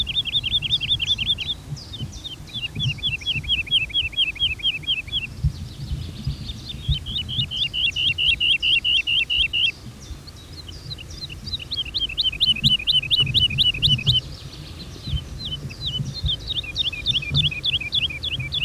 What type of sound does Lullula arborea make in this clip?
song